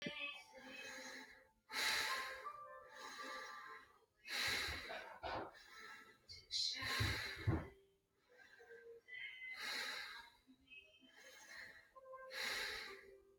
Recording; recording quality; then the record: deep breathing; moderate, slight background noise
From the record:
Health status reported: healthy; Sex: male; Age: 37 years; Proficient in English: yes